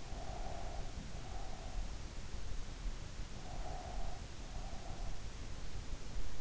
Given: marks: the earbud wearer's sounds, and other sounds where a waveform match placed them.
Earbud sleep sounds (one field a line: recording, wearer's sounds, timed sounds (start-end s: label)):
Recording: sounds in sleep by an in-ear microphone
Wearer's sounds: breath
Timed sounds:
0.08-1.91 s: breath
3.47-5.26 s: breath